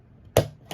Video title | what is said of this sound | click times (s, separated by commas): Lionel ALL ABOARD Polar Express and Hogwarts Express Sets (2-In-1 Review) | press on them until you hear a snap. | 0.4 s